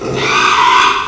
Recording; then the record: squeal of a Yucatan mini pig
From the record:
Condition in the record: after surgery on the right vocal fold (resection and tissue-engineered implant); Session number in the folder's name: 1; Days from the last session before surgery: 6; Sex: male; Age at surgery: 12 weeks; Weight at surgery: 13 kg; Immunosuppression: cyclosporine, prednisolone